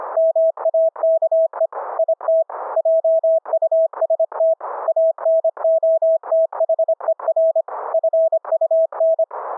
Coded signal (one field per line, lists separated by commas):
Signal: Morse code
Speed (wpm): 25 wpm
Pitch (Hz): 650 Hz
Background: none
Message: MAKE IT JUST ANOTHER FUN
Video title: REMOTE RIG "audio OVER ip" FULL DUPLEX audio streaming - demo of VOICE and CW - remote laptop to RIG